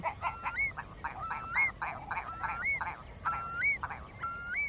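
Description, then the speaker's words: Eurasian curlew calls: rising whistled notes that swoop upward, repeated among busier, lower chattering calls. Winter call, likened to an arrow firing out across the mudflats; the bird is named after this call. "But in the winter as well, they have a call which is like a curlew, which is where they get their name from."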